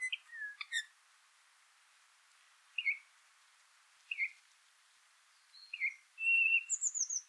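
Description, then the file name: Eurasian bullfinch calls: soft, short, slightly falling whistles spaced irregularly, then a longer steady piping note, with a high thin descending phrase at the end. "Pyrrhula pyrrhula"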